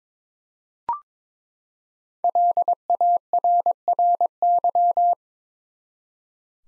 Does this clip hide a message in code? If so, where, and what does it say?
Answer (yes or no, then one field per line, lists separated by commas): yes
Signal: Morse code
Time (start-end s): 2.2-5.1 s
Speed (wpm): 22 wpm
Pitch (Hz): 700 Hz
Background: none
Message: LARRY